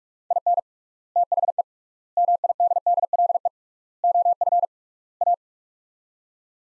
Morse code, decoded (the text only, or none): IN THE MIDDLE OF A